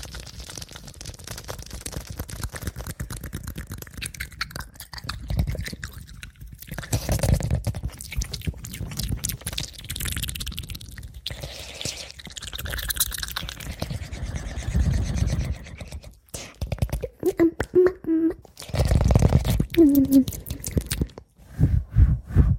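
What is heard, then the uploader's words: Fast, dense mouth sounds of clicks, wet smacks and crunchy chewing-like snaps fill the clip, growing louder and choppier after about seventeen seconds. ASMR Fastest Mouth Sounds.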